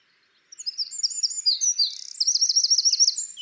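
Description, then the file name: Eurasian wren bursts into high, rapid song, a jumble of sharp notes followed by a fast, even rattle. "Troglodytes troglodytes"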